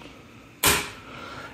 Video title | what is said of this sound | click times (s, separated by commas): How to Reset BIOS & Fix XMP Black Screen | you should hear an audible click and that's it | 0.6 s